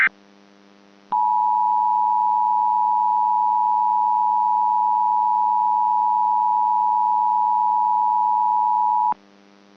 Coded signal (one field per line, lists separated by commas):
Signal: Emergency Alert System (SAME) tones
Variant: 853 and 960 Hz attention tone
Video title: [(SOME RECREATIONAL) EAS Mocks] - some of my unreleased content into a single YouTube video